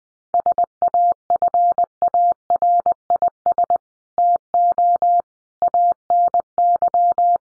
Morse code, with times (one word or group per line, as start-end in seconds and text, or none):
0.3-3.8 SAFARIS
4.2-5.2 TO
5.6-7.4 ANY